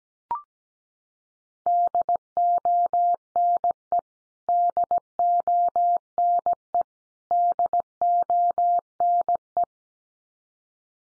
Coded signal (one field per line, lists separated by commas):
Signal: Morse code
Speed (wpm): 17 wpm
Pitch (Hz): 700 Hz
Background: none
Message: DONE DONE DONE